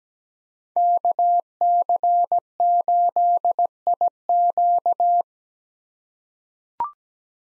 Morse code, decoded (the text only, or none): KC8IQ